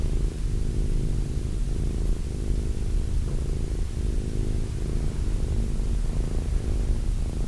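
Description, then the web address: Cat purr, a deep, even rumble that swells and dips with each breath. Cat named Wilson. "~pelikas CATSOUNDS Wilson Cat"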